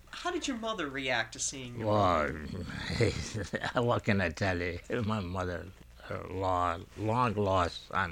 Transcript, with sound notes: How did your mother react to seeing you again?
Well... ( he laughs ) What can I tell you? My mother, her long lost son.